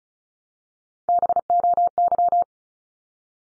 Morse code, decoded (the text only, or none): BOY